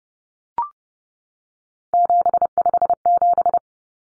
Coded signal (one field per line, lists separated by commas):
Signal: Morse code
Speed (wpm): 30 wpm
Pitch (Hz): 700 Hz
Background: none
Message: 757